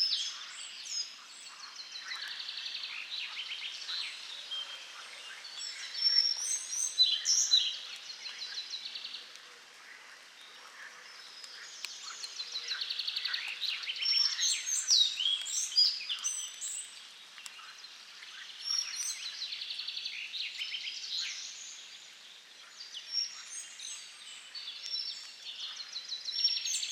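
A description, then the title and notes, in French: Forest ambience in Lorraine, filled with a dense, continuous chorus of high birdsong: overlapping chirps, trills and tweets from many birds at once. The activity swells and eases in waves every few seconds, with almost nothing in the low range beneath it. Bois de Romersberg - Lorraine. Cette belle ambiance forestière est un moment agréable de découverte d'un oiseau bien particulier le Gobemouche à collier (Ficedula albicollis) qui habite les grandes forêts de Lorraine. Son sifflet perçant évolutif ressort bien de l'ambiance générale du lieu. Ambiance - Forêt de Lorraine.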